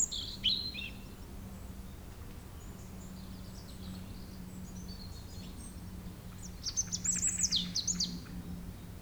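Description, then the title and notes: European robin song: two short high trilling phrases with thin sliding notes, separated by softer notes, over a faint steady low hum. Sung at sunset on the shore of Lac du Bourget near Brison-Saint-Innocent, France, with calm restored because the nearby road was closed to traffic. "Près de la Chapelle de Brison-Saint-Innocent la RD 991 étant coupée à la circulation le calme est revenu sur les bords du lac du Bourget. Chant de rouge-gorge au soleil couchant."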